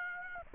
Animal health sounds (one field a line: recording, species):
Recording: mosquito wingbeat signal from an infrared sensor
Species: Aedes aegypti